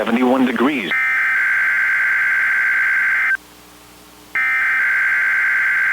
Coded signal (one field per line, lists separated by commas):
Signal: Emergency Alert System (SAME) tones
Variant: header bursts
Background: speech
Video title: Coastal Flooding, Gales, & FOG | 9/10-23/25 (EAS #1,731-33)